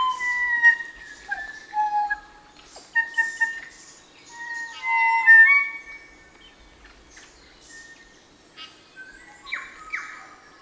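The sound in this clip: Kōkako song with rich, sustained fluting notes and some sliding tones in a long phrase, then quieter notes, amid faint high bird chatter.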